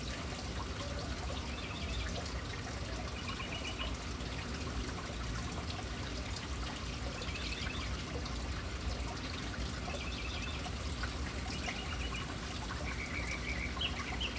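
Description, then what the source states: Birds calling in short chirpy bursts scattered throughout over steady splashing fountain water. City birds hanging around an urban fountain.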